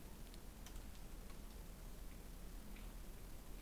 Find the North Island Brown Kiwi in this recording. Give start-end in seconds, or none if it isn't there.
none